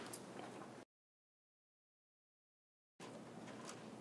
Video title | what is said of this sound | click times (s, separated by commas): Briony BUILDS a GAMING PC 2018 - LIVESTREAM movie style UNCUT with BLOOPERS! | satisfying click and then you've got all the like front panel connectors that are | 0.1 s